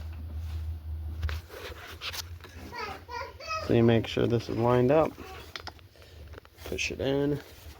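Someone talks while lining up the spark plug boot and pushing it onto the newly gapped and installed spark plug of a Stihl SH56C leaf blower engine, with a low hum and a few brief handling taps. The clip ends before the boot goes home, so nothing has seated or clicked yet.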